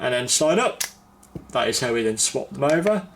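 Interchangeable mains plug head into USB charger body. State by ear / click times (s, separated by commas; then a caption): not seated / none. Someone talks while handling the interchangeable mains plug head of an Anker PowerPort 4 Lite USB charger, pushing the release button and sliding the head up off the charger body. The plug head has not gone back home yet, and nothing has seated or clicked into place.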